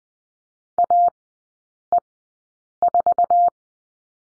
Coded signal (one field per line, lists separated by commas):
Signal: Morse code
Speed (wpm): 20 wpm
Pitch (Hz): 700 Hz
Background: none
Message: AE4